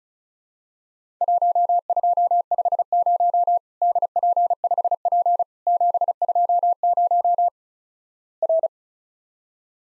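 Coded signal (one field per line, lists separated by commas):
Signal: Morse code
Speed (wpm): 36 wpm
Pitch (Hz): 700 Hz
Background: none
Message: 1250 DP5P 720 R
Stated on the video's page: Morse practice of Worked All Europe DX Contest QTC exchanges at 35 WPM; each sent in Morse, spoken, then sent again.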